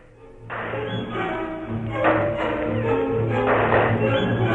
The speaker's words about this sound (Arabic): إنها طلقات رصاص. من أين؟ من أين؟ إنها طلقات الوطنيين.